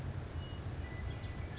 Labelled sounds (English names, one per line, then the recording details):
Western Meadowlark
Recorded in Sonoma County, California